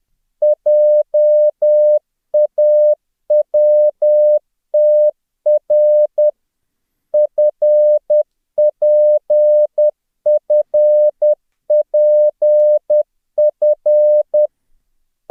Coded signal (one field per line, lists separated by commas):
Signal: Morse code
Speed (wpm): 10 wpm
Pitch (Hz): 600 Hz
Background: none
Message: JAWTR FPFPF